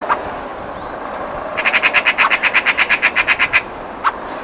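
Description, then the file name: Eurasian magpie giving a single dry, machine-like rattle of about sixteen evenly spaced harsh notes lasting two seconds, over a constant low rumbling hiss. "Pica pica"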